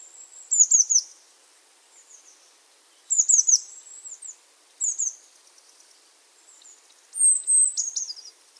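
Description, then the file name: Eurasian blue tit calls: clusters of thin, very high notes dropping in pitch, repeated in several short bursts with quiet gaps between. "Cyanistes caeruleus"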